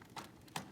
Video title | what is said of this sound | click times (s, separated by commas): Lego Ideas Treehouse Set 21318 | it goes pops right in and we | 0.6 s